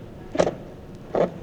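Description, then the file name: Edible dormouse calls: two short, rough, squeaky bursts about eight tenths of a second apart, each mid-pitched with a noisy edge, over a faint hiss. Wild animals in Europe. "Siebenschlaefer Geraeusche Wildtiere in Europa"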